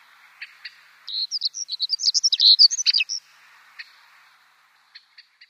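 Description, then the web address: Siberian accentor song: a brief, rapid jumble of high, thin twittering notes lasting about two seconds, with a few soft single tones before and after. "Schulze Peter Siberian Accentor song"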